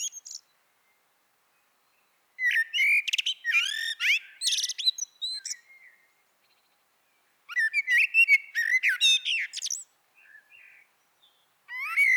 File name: Turdus merula